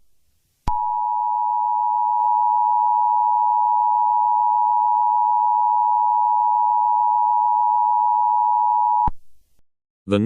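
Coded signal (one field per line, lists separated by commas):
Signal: Emergency Alert System (SAME) tones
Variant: 853 and 960 Hz attention tone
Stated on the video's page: Fictional EAS scenario depicting an EF5 tornado in Youngstown.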